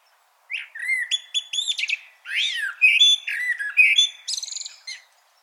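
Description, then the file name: Common blackbird singing: fluty warbled notes mixed with bright, high, scratchy twitters in one continuous phrase lasting about four and a half seconds. "Turdus merula"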